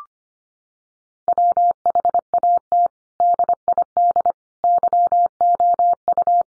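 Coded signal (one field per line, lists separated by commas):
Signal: Morse code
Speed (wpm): 25 wpm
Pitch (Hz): 700 Hz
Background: none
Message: WHAT DID YOU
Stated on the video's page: Morse word-group drill of five-word English n-grams at 25 wpm for head-copy practice.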